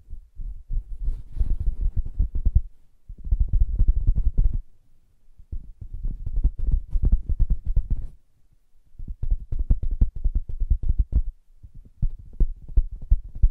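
Fingers tap and scratch on a soft fabric surface in quick, dense bursts of muffled, low thuds with a light brushing hiss on top. The activity comes in clusters of a few seconds each, separated by short pauses around 2.5, 5, 8 and 11 seconds.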